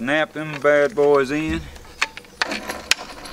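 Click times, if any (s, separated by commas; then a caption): 2.9 s. An archery limb is snapped into the limb pocket of a takedown bow riser. Someone talks at first, then a few small mechanical clicks and knocks follow. The limb seats with a sharp click at 2.9 s.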